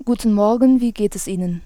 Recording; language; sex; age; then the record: spoken sentence; German; female; 20 to 29 years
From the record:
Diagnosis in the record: singing voice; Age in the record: 28 years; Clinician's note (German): Stroboskopisch Normalbefund